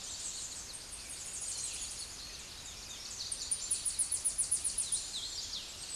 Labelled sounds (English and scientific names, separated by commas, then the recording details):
Tennessee Warbler (Leiothlypis peregrina) song
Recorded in a Pennsylvania forest on 16 May 2024 at 08:29
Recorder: AudioMoth, point MSD-0521
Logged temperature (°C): 15.8 °C
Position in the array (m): 24 m, 101 m